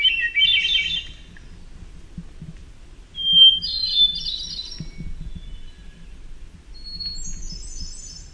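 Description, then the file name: Hermit thrush song phrases, each a steady whistle then a fluty trill, the later phrases pitched noticeably higher than the earlier ones. "HETH song"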